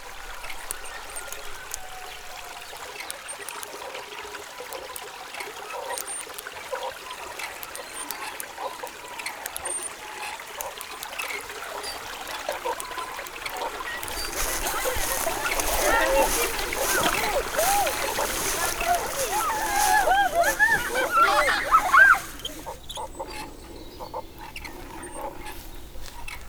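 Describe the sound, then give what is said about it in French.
A boat bound for the Amazon moves through water, starting with soft trickling and lapping, then swelling into a louder, steady rush of splashing that cuts off abruptly near the end. “Ils montèrent dans un bateau clandestinement en partance pour l'Amazonie.”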